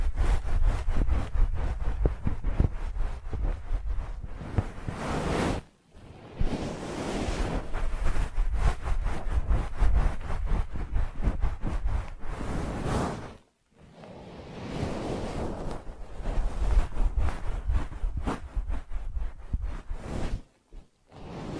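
An ear massage: dense, crackling rubbing and scratching sounds with a steady low rumble underneath, full of quick irregular strokes. The rubbing comes in long passes that stop abruptly around 6, 13 and 21 seconds, leaving brief near-silent gaps before resuming.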